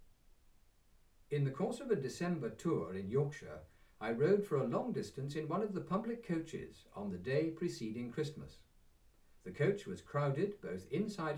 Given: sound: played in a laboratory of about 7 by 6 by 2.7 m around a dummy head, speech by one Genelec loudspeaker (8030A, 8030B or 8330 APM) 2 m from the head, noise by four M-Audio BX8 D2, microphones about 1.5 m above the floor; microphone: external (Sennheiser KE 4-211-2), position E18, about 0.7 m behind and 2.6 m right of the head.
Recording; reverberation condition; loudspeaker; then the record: male speech in English; low; 90 degrees to the left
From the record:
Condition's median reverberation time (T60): about 310 ms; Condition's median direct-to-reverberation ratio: about 3.5 dB